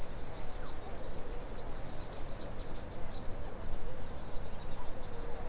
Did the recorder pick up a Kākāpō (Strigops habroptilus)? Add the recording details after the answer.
no. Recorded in New Zealand. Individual Stumpy